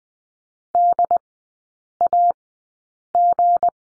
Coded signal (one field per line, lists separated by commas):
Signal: Morse code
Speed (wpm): 20 wpm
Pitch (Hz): 700 Hz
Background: none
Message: DAG